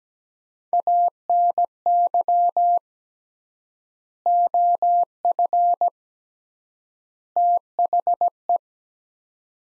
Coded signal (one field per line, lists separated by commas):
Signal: Morse code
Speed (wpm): 17 wpm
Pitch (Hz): 700 Hz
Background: none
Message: ANY OF THE